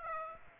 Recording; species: mosquito wingbeat signal from an infrared sensor; Aedes aegypti